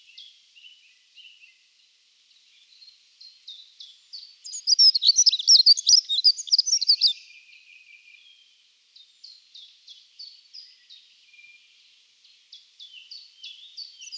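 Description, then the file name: Dunnock singing a brisk, squeaky warble lasting nearly three seconds, with softer thin high notes repeated steadily before and after. "POKRZYWNICA"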